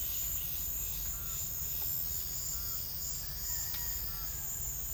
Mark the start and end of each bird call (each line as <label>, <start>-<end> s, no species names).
bird call, 2.49-4.36 s